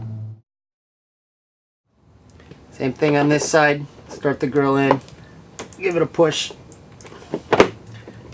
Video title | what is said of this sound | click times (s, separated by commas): FKAutoWorks Audi A4 B5 1.8T AEB and ATW Timing Belt Instructional Video | just kind of clicks into place once it's in there all done okay | 7.6 s